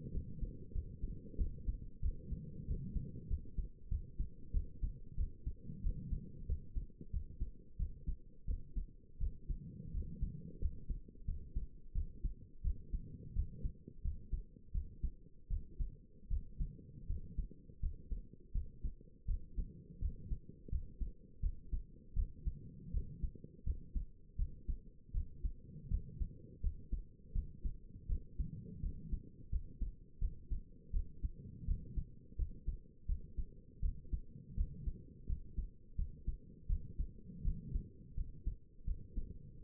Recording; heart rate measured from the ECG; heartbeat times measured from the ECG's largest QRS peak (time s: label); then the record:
heart sounds by stethoscope; 85 bpm
0.13 s: heartbeat
0.74 s: heartbeat
1.38 s: heartbeat
2.02 s: heartbeat
2.67 s: heartbeat
3.29 s: heartbeat
3.90 s: heartbeat
4.53 s: heartbeat
5.17 s: heartbeat
5.83 s: heartbeat
6.48 s: heartbeat
7.12 s: heartbeat
7.78 s: heartbeat
8.47 s: heartbeat
9.20 s: heartbeat
9.93 s: heartbeat
10.61 s: heartbeat
11.27 s: heartbeat
11.94 s: heartbeat
12.63 s: heartbeat
13.35 s: heartbeat
14.04 s: heartbeat
14.73 s: heartbeat
15.49 s: heartbeat
16.30 s: heartbeat
17.08 s: heartbeat
17.82 s: heartbeat
18.54 s: heartbeat
19.27 s: heartbeat
20.01 s: heartbeat
20.71 s: heartbeat
21.42 s: heartbeat
22.15 s: heartbeat
22.93 s: heartbeat
23.65 s: heartbeat
24.38 s: heartbeat
25.13 s: heartbeat
25.90 s: heartbeat
26.62 s: heartbeat
27.34 s: heartbeat
28.08 s: heartbeat
28.82 s: heartbeat
29.51 s: heartbeat
30.20 s: heartbeat
30.93 s: heartbeat
31.67 s: heartbeat
32.38 s: heartbeat
33.08 s: heartbeat
33.82 s: heartbeat
34.56 s: heartbeat
35.28 s: heartbeat
35.97 s: heartbeat
36.68 s: heartbeat
37.44 s: heartbeat
38.16 s: heartbeat
38.86 s: heartbeat
39.62 s: heartbeat
From the record:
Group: healthy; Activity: rest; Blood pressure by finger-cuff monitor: 110/72 mmHg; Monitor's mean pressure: 81 mmHg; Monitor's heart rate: 85 bpm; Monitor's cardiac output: 6.5 L/min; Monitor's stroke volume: 77 mL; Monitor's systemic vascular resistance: 900 dyn s/cm5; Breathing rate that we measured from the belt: 19 breaths a minute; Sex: female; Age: 22 years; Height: 163 cm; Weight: 67.1 kg